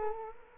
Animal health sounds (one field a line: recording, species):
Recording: mosquito wingbeat signal from an infrared sensor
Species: Culex quinquefasciatus